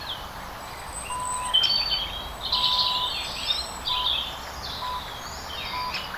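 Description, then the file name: A bird twitters in bright, high chirps that come and go in brief clusters, while a soft steady tone pulses intermittently underneath. Countryside setting in winter. "Quiet Birds Country Winter"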